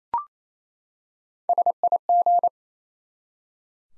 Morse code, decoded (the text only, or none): SIG